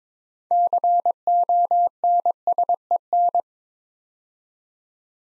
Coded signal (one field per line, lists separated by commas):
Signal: Morse code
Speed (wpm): 21 wpm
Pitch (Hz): 700 Hz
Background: none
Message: CONSEN